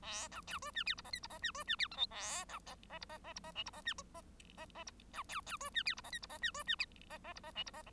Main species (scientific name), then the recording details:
Lonchura striata domestica. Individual Bird1